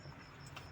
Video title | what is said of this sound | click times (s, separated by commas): Truck Driver Ki Zindagi Road Par Nikalti Hai 💔 - Aap Soch Bhi Nahi Sakte😢 | अब इसको ऐसे कर देते हैं। तो ये लॉक हो जाता है। | 0.6 s